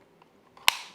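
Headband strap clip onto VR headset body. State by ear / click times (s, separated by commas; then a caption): seated / 0.7 s. A VR headset's headband strap clip is pressed back onto the headset body and seats with one sharp plastic snap at 0.7 s. The snap rings up to 16 kHz and dies away quickly, with a couple of faint handling taps just before it.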